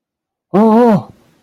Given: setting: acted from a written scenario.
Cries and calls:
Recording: vocal sound without words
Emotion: distress

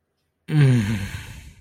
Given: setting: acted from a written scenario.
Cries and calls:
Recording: vocal sound without words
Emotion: ecstasy

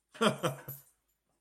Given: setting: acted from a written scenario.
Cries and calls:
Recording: vocal sound without words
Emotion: amusement

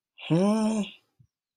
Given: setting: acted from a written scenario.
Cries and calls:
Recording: vocal sound without words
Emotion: confusion

